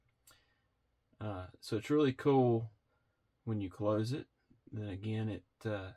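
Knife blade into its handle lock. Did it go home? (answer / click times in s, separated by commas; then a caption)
yes / 0.3 s. The metal blade of a Chavez Ultramar Redencion 229 folding pocket knife with kickstop is flipped open and swings around until it locks into place in its handle lock, giving a single short click at 0.3 s. After a pause, someone talks.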